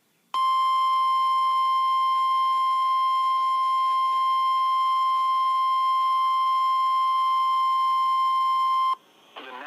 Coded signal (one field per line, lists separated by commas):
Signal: Emergency Alert System (SAME) tones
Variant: 1050 Hz attention tone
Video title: EAS 2836 EXTREME WIND WARNING!!! Hurricane Ida